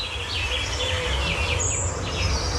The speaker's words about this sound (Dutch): Maar er is sprake van intensieve communicatie. Veel gechilp en getwitter en getweet.